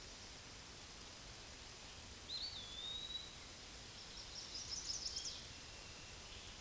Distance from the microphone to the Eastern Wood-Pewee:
about 45 m